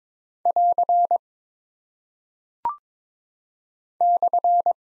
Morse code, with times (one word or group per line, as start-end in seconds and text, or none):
0.5-1.2 <AR>
4.0-4.7 /